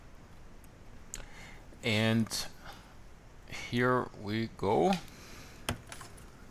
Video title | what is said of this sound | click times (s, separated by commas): Beocord 9000: Repair of a Broken Out DIN Jack | Now you hear it clicks in | 5.7 s